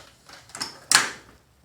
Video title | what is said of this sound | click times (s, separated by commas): 🕵️Transport Plus Folding Scooter Review Video | It's locked. | 1.0 s